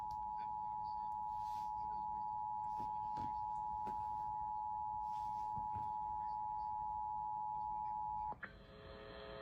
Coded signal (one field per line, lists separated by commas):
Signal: Emergency Alert System (SAME) tones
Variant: 853 and 960 Hz attention tone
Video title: (EAS #2,428 - #2,444) WHEN WNG549 BREAKS - EAS Alerts from 7/10/25